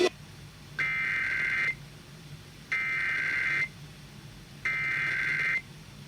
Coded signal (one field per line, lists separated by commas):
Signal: Emergency Alert System (SAME) tones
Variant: header bursts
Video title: EAS Required Monthly Test Maryland EAS AT (1:00) 8/25/21 EAS#125